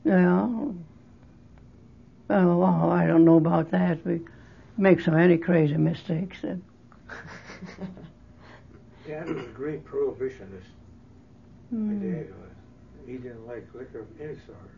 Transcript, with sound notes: Well, well... I don't know about that. We make so many crazy mistakes that.
(laughs) Tell them that great prohibitionist that dad was. He didn't like liquor of any sort.